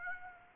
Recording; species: mosquito wingbeat signal from an infrared sensor; Aedes aegypti